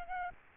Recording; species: mosquito wingbeat signal from an infrared sensor; Aedes albopictus